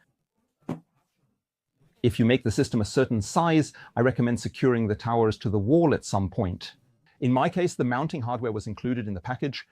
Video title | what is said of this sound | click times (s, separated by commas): Jackery HomePower 2000 Ultra – Plug-and-Play Solar Test & Setup | Just place this one on top, let it snap into place, and that's it. | 0.7 s